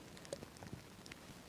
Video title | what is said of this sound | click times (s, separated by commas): Seminário - Capacitação em Estomias e Epidermólise Bolhosa - Tarde - Parte 2 - 03/06/25 | Ouviram o clique? | 0.3 s, 1.1 s